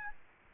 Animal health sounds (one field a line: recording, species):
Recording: mosquito wingbeat signal from an infrared sensor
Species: Aedes albopictus